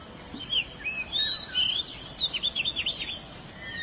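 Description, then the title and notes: Canary song, a lively run of varied high whistles, slurred notes and quick trilled phrases, ending in rapid repeated chirps over a steady background hiss. "BM Suara Kenari. BM Suara Burung Kenari"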